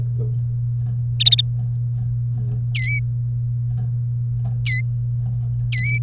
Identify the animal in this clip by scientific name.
Serinus canaria